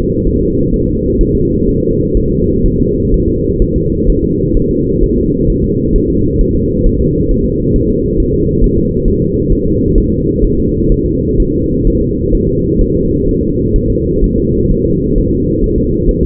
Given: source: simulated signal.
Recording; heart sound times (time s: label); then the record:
fetal heart sounds
0.27 s: S1
0.41 s: S2
0.74 s: S1
0.88 s: S2
1.21 s: S1
1.35 s: S2
1.69 s: S1
1.83 s: S2
2.17 s: S1
2.31 s: S2
2.66 s: S1
2.80 s: S2
3.14 s: S1
3.28 s: S2
3.62 s: S1
3.76 s: S2
4.09 s: S1
4.24 s: S2
4.57 s: S1
4.71 s: S2
5.04 s: S1
5.18 s: S2
5.50 s: S1
5.64 s: S2
5.96 s: S1
6.10 s: S2
6.41 s: S1
6.55 s: S2
6.86 s: S1
7.01 s: S2
7.31 s: S1
7.45 s: S2
7.76 s: S1
7.90 s: S2
8.20 s: S1
8.34 s: S2
8.64 s: S1
8.78 s: S2
9.08 s: S1
9.22 s: S2
9.52 s: S1
9.67 s: S2
9.98 s: S1
10.12 s: S2
10.45 s: S1
10.59 s: S2
10.92 s: S1
11.06 s: S2
11.40 s: S1
11.54 s: S2
11.87 s: S1
12.02 s: S2
12.34 s: S1
12.49 s: S2
12.82 s: S1
12.96 s: S2
13.29 s: S1
13.43 s: S2
13.76 s: S1
13.90 s: S2
14.24 s: S1
14.38 s: S2
14.71 s: S1
14.86 s: S2
15.18 s: S1
15.32 s: S2
15.64 s: S1
15.78 s: S2
16.09 s: S1
16.23 s: S2
From the record:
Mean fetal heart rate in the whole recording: 130 bpm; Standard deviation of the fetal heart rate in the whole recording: 4 bpm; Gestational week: 38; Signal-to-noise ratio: -14.7 dB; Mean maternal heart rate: 72 bpm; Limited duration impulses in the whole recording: present